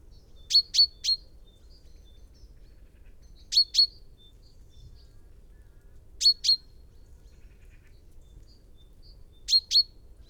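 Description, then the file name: Common chaffinch giving sharp high calls: a run of three quick notes, then three pairs of notes, spaced roughly three seconds apart in quiet surroundings. "Fringilla coelebs"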